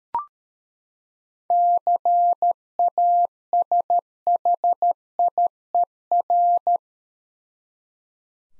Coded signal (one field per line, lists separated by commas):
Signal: Morse code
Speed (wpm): 13 wpm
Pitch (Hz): 700 Hz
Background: none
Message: CASHIER